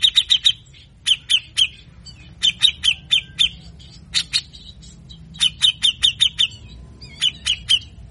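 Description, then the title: Grey-cheeked Bulbul singing harsh, buzzy chirps in short clusters separated by short pauses, repeated throughout. Long, harsh full song of a lively singing bird, used as a training recording to provoke caged birds and stir silent ones to sing. "MASTERAN CUCAK JENGGOT GACOR FULL BESETAN KASAR DURASI PANJANG. Cucak Jenggot Ngepik Ngepik Efektif Pancing Emosi Cucak Jenggot Macet Bunyi"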